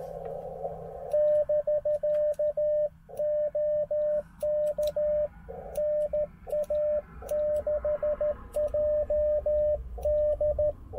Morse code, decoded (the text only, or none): <BK> OK NA6JD